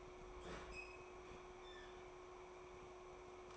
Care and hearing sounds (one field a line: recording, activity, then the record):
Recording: daily activity, microphone in the room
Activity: open fridge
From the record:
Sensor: 1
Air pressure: 1004.6 hPa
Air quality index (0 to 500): 192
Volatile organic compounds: 16 ppm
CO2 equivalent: 2540 ppm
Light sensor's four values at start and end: 5/11/4/4 and 5/11/4/4